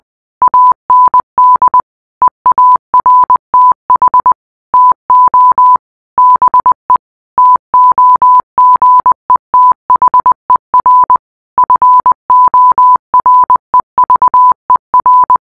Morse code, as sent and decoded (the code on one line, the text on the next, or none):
.- -. -.. / . .- .-. - .... / - --- / -... . / - --- --. . - .... . .-. / ..-. --- .-. . ...- . .-.
AND EARTH TO BE TOGETHER FOREVER